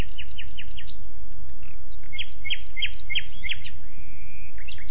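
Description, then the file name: Common nightingale song: quick repeated downward notes, then sharp high chips and a long level whistle, over steady low rumbling noise. "Luscinia megarhynchos"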